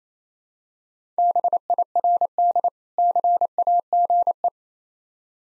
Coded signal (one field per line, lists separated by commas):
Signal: Morse code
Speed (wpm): 28 wpm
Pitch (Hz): 700 Hz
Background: none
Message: BIRD CAGE